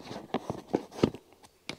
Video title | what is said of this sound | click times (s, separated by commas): Test - Bikepacking Set-up Specialized Diverge | drückt jetzt knöpfchen so das war's schon ist er fest | 1.7 s